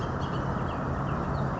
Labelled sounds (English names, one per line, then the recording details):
Bullock's Oriole
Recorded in Sonoma County, California